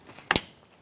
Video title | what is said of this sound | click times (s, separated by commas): How to Replace Front Downstream O2 Sensor 2004-2008 Acura TL | press it in you'll hear a click and put our lower pin into the fan assembly | 0.3 s